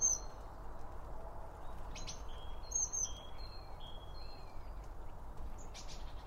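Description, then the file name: Birds chirping with high whistled notes, several slurring downward, coming in quick irregular bursts over soft steady background noise. Several birds gathered around a bird feeder, recorded with two Line Audio OM1 microphones. "Birds Around Birdfeeding With Two Om 1 From Line Audio"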